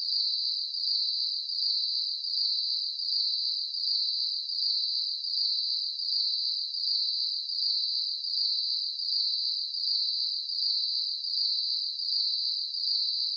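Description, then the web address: Crickets chirp in a constant high trill, pulsing in a regular rhythm, unbroken for the whole stretch. Crickets chirping at night, night insects ambience. "ambience crickets chirps night insects bugs"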